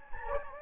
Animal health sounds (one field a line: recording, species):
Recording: mosquito wingbeat signal from an infrared sensor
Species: Anopheles gambiae